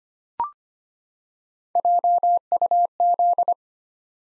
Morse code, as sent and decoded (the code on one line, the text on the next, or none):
.--- ..- --..
JUZ